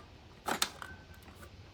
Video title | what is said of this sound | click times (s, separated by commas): 2009 Mac Pro, Upgrade to High Sierra, and Hardware! | dual mini six to eight pin converter cable lock it into place | 0.6 s